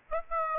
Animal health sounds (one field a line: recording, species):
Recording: mosquito wingbeat signal from an infrared sensor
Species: Aedes aegypti